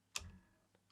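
The axis lock clip on the arm of a Zhiyun Cinepeer Weebill 3E camera gimbal is put in and the arm brought down until it seats, with one sharp, bright click at 0.2 s. A short low rumble follows, then quiet with a couple of faint ticks, and the axis is locked in place.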